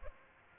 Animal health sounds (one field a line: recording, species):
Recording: mosquito wingbeat signal from an infrared sensor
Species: Aedes aegypti